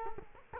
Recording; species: mosquito wingbeat signal from an infrared sensor; Culex quinquefasciatus